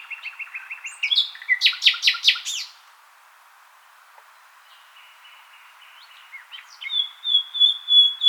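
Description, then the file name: Common nightingale song: a repeated note series, loud sharp chirps, a soft drawn-out passage, then a louder pulsing whistle building at the end. "Luscinia megarhynchos"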